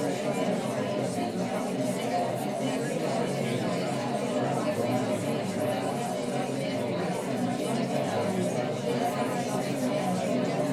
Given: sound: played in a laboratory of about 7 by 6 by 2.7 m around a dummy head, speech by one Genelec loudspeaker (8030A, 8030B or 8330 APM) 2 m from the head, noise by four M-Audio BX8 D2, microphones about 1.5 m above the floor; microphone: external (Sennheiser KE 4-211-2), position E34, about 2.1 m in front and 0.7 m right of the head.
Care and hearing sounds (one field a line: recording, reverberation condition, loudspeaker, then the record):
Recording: babble noise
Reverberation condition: low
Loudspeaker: four, about 170 cm from the corners of the room and facing them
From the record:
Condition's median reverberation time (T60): about 310 ms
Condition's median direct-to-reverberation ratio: about 3.5 dB